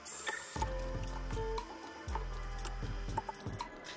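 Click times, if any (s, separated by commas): none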